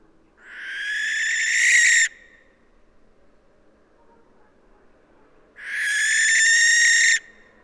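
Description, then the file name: Barn owl uttering two drawn-out, noisy screeches of about a second and a half each, roughly five seconds apart, growing louder toward their ends. "Schleiereule - Tyto alba"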